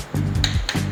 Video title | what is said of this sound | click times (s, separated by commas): Thumpstar TSX140 - Assembly Guide - Designed in Australia | there we have that nice click on the torque wrench. | 0.4 s, 0.7 s